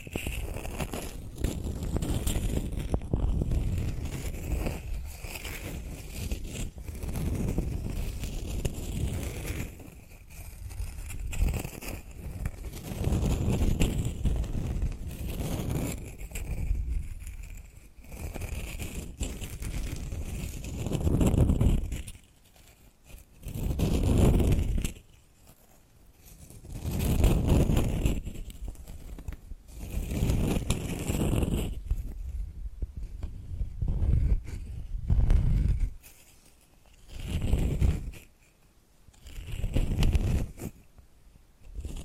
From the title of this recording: Hypnotic Tapping and Scratching Sounds